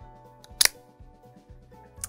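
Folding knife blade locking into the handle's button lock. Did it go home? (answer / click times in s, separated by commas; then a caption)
yes / 0.4 s, 0.6 s. A folding knife blade is deployed again and locks into the handle's button lock with a two-stage click. A faint click comes at 0.4 s, then a loud click-clunk at 0.6 s as the blade moves out and the button lock engages. Another sharp click follows at about 2.0 s over a low, steady background hum.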